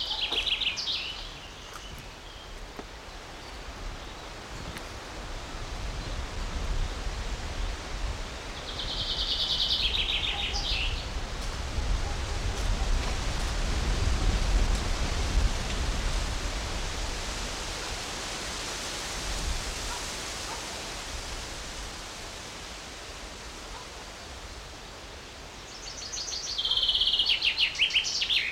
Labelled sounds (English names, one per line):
Common Chaffinch